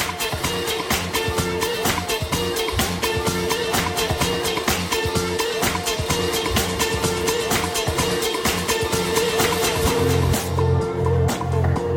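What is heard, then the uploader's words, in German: A soundscape from Jesendorf: a dense, steady bed of low droning hum with a sustained mid-pitched tone running throughout. Sharp, regular knocks repeat roughly twice a second, and near the ten-second mark the low rumble swells while the knocking thins out. Klangkulisse Jesendorf.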